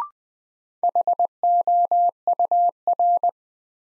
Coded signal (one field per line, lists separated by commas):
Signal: Morse code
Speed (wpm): 20 wpm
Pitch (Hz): 700 Hz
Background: none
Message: HOUR